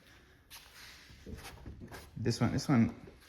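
A hood latch catch on an EF Civic is handled, with faint rustling and light handling noise while someone talks. The part has not gone home yet, and nothing has seated or clicked.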